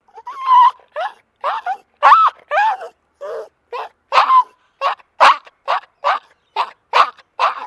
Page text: DOG MALTESE TERRIER DISTRESSED WHINE. Small dog in distressed state